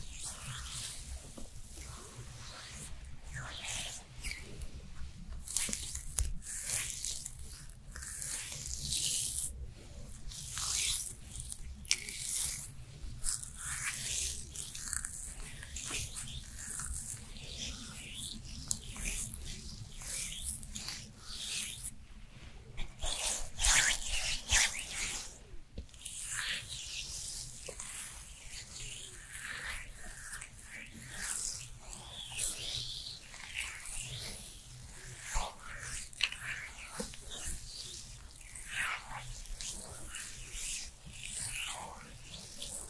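A Korean skincare routine: dense, irregular taps, pats and wet squishing sounds come in quick clusters throughout, some sharper and louder around the middle. A faint low hum runs steadily underneath the whole time.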